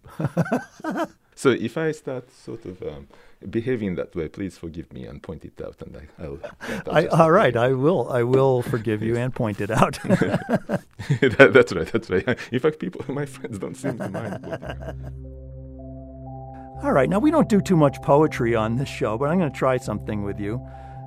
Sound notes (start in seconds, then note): 9.8 laughter; 13.3 laughs